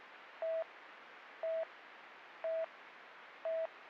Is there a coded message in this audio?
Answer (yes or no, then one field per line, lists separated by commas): no